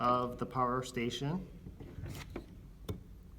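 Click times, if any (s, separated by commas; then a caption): 2.9 s. Someone talks, then a power adapter's connector is pressed into its socket on the rear of a soldering power station. It clicks into place at 2.9 seconds and is confirmed connected.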